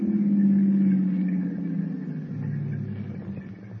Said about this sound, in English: Would you stop the car? Stop the car? Sure.